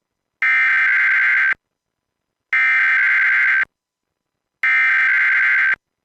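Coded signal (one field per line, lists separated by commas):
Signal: Emergency Alert System (SAME) tones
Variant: header bursts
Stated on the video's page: EAS required weekly test on radio station WDFA.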